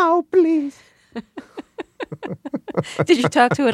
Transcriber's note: soundbite of laughter